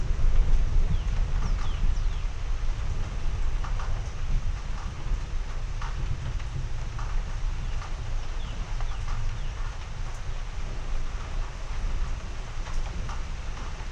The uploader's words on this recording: Slow rolling thunderstorm in the East Texas region. Texas Thunderstorm.